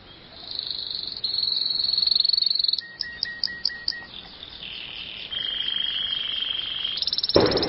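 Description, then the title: Canary song with varied phrases: rolled trills, a run of short repeated notes, steadier trilled tones and a loud burst at the end. "Kenari"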